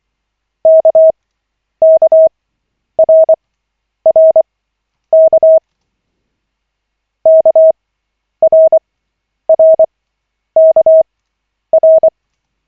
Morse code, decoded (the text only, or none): KKRRK KRRKR